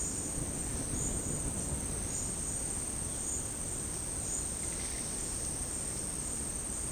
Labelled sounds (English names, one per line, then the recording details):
none
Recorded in dense forest near Puerto Asís, Putumayo, Colombia, on 19 February 2024 at 10:30
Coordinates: 0.486, -76.316
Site G6437